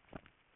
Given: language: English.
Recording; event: throat vibration sensor signal played as sound; swallow